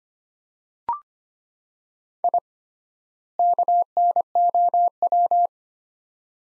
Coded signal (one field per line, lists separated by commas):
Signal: Morse code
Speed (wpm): 25 wpm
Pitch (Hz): 700 Hz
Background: none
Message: I KNOW